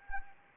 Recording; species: mosquito wingbeat signal from an infrared sensor; Anopheles arabiensis